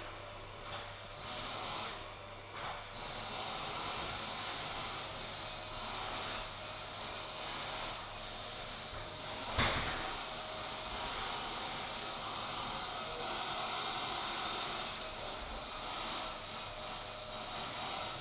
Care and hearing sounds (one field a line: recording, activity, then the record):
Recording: daily activity, microphone in the room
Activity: vacuum cleaning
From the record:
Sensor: 5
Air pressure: 1010.3 hPa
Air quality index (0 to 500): 120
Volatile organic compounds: 2 ppm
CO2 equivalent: 1180 ppm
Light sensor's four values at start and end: 490/1251/518/578 and 491/1251/518/577